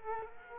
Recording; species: mosquito wingbeat signal from an infrared sensor; Culex quinquefasciatus